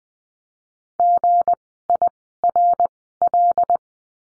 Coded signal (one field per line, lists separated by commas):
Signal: Morse code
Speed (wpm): 20 wpm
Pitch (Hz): 700 Hz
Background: none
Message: GIRL